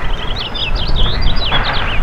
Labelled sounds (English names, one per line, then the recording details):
House Finch song
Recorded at East Hampton on Long Island, New York, on 15 June 2013
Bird C